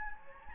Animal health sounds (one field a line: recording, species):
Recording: mosquito wingbeat signal from an infrared sensor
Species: Anopheles gambiae